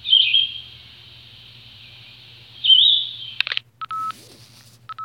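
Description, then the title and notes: Red-eyed vireo giving two brief slurred whistled phrases, followed by clicks and short steady electronic-sounding tones over a low background hum. "Red-eyed Vireo by Christie Mullen"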